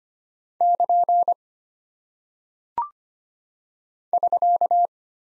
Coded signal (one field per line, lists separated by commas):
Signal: Morse code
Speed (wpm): 25 wpm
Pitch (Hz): 700 Hz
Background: none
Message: <KN> <SK>